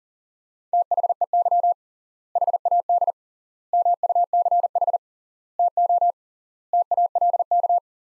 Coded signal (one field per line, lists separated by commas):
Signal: Morse code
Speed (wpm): 40 wpm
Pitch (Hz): 700 Hz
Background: none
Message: THEY HAD MUCH TO TALK